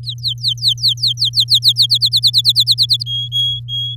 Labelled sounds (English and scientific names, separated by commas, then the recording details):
Domestic Canary (Serinus canaria) song
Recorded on 7 May 2018 at 19:26
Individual llb16